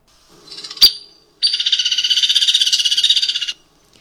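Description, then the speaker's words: Hairy Woodpecker whinny: a rapid, steady rattle lasting about two seconds, preceded by a short sharp call. Whinny call, unlike the Downy Woodpecker's higher trill; somewhat kingfisher-like, loud, carrying long distances through forest, where it is often heard. "their whinny is quite a bit different than the downy's. The downy's is a lot higher."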